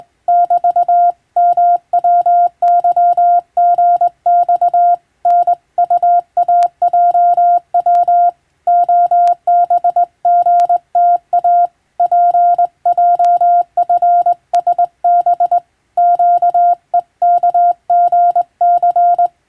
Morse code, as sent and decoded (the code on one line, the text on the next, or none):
-...- / -- .-- -.-- --. -..- / -. ..- .- .--- .-- / --- -... --. - .- / .--. .--- ..-. ... -... / --.- . -.- --. -.-.
<BT> MWYGX NUAJW OBGTA PJFSB QEKGC